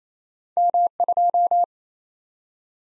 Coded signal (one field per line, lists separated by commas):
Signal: Morse code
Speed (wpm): 29 wpm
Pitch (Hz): 700 Hz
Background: none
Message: M2